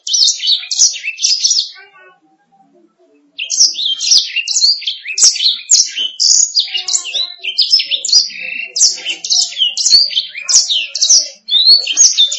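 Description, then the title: Canary song in rapid chirping bursts, a short break with faint low notes, then a long steady run of quick high whistles and trills. "BM Suara Kenari"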